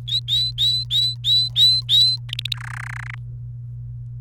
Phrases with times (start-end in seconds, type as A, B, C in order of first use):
0.08-2.16 A, 2.29-2.56 B, 2.57-3.15 C